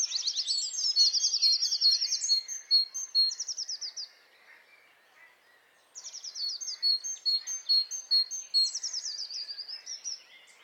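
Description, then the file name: Great tit calls: bursts of rapid high chattering notes mixed with short repeated thin notes, a pause of about two seconds, then another burst. "Parus major"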